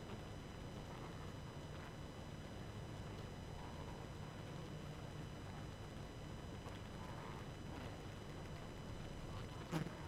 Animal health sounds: honeybee colony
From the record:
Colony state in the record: active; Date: 12 June 2018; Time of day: 23:55

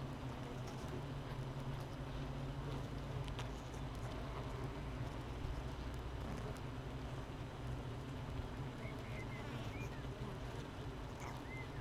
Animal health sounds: honeybee colony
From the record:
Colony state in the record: missing queen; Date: 31 May 2018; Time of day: 7:46

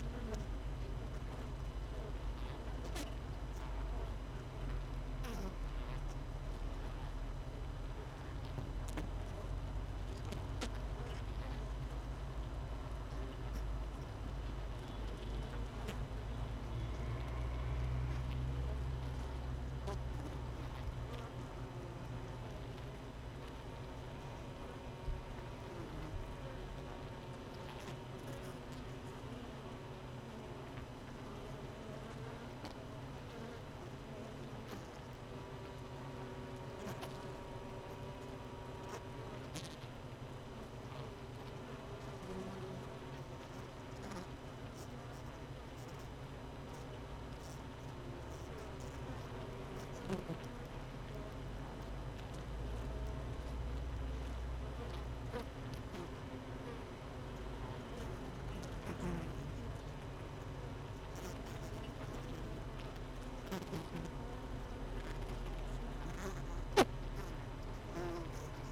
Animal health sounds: honeybee colony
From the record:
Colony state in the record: missing queen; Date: 31 May 2018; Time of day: 17:25

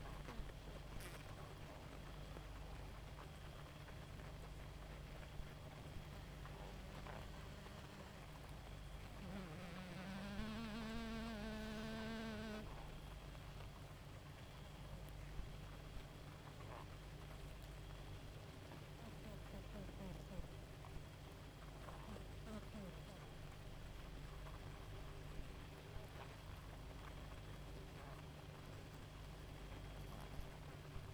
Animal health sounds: honeybee colony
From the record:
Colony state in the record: active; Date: 28 July 2017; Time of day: 0:33

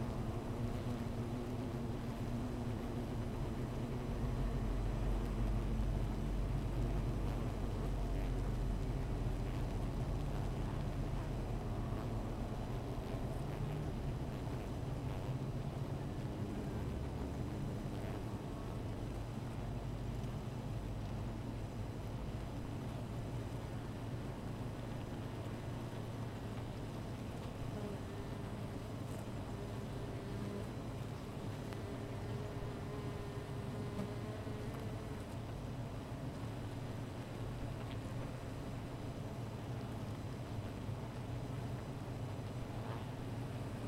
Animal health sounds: honeybee colony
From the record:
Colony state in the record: missing queen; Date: 14 July 2017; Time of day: 15:47

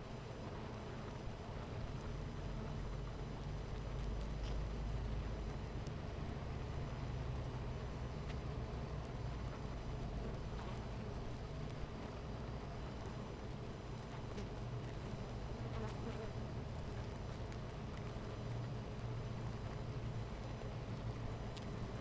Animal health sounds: honeybee colony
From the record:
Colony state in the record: missing queen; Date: 14 July 2017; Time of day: 10:05

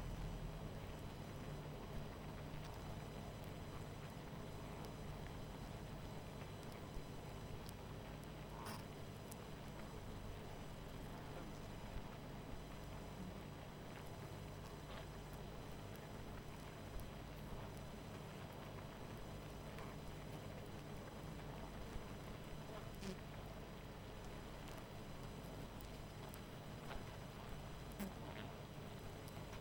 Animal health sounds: honeybee colony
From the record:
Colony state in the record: missing queen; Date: 14 July 2017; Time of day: 21:16

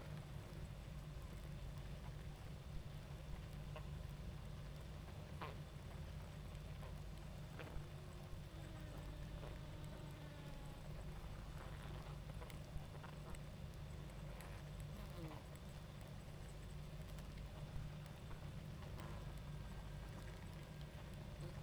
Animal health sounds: honeybee colony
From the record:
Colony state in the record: active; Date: 28 July 2017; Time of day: 21:56

